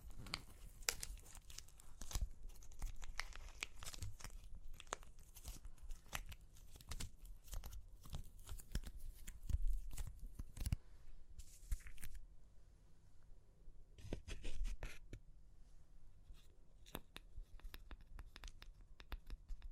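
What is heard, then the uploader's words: Super crunchy clay cracks and crumbles in dense bursts of sharp snaps and crackles over a steady low rumble. The crunching is busiest in the first half, thins around twelve seconds, then returns in scattered bright cracks with brief quieter gaps. Super Crunchy Clay Cracking (No Talking).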